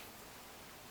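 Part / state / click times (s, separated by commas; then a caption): interchangeable stamp head into stamper handle / not seated / none. An interchangeable plastic stamper head is being handled and angled toward the hollow plastic stamper handle from We R Memory Keepers. Only a steady, faint noise-like hiss is heard over the 0.9 seconds. Nothing has seated or clicked yet.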